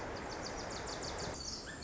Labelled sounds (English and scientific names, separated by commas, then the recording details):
Pacific Wren (Troglodytes pacificus)
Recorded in Sonoma County, California